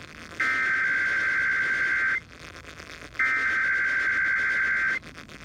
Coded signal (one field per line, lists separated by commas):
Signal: Emergency Alert System (SAME) tones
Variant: header bursts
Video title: [EAS #38-39] San Francisco's Required Monthly Test on 106.9 FM KCBS and 102.1 FM KRBQ